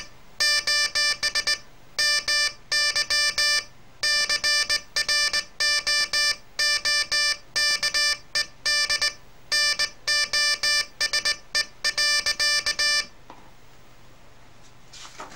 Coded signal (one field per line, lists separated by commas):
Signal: Morse code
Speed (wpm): 17 wpm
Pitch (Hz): 1750 Hz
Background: none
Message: : MY CROOKED NOSE.